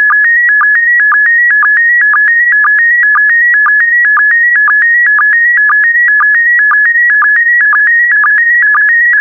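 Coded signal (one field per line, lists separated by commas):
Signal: SSTV (slow-scan television)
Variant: PD120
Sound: warbling steady tones stepping in pitch, with a short low blip every half second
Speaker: Five, four, three, two, one. Thank you. Transmission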